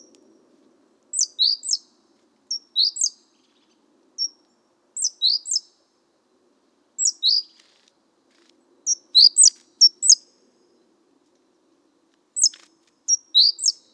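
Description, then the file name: Great tit calls, short clusters of two or three high, sharp notes repeated irregularly every one to two seconds, with a faint low hum at the start. "Parus major"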